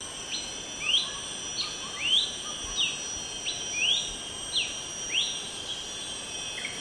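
Horsfield's babbler calls: a steady series of short whistled notes, a falling note alternating with a rising one, over steady high tones and background hiss.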